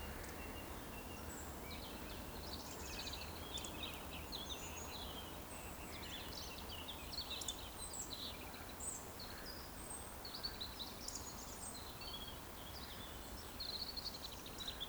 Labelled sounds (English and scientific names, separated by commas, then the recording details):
Eurasian Woodcock (Scolopax rusticola) whistle
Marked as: whistle, whistle, whistle, whistle, whistle
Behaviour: display flight
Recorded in Baden-Württemberg, Germany, on 15 June 2020 at 20:12 UTC
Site 14569, 102 m above sea level